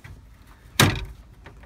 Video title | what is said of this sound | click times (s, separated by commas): How to install aftermarket stereo with a stock Bose sound system Tahoe, Yukon, Suburban, Escalade | and the whole thing just snaps back into | 0.8 s